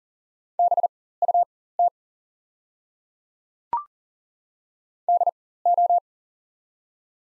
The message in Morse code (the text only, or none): BUT DO